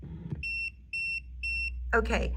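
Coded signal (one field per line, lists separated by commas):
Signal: none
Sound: a wall motor's setup beeps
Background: speech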